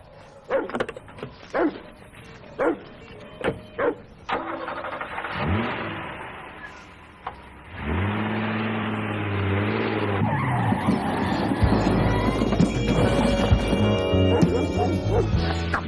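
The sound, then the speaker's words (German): A few sharp barks ring out, then a car engine turns over and revs, its pitch climbing before the car roars away loudly with squealing tires. “Fahren Sie Ihren Wagen weg, Mann.”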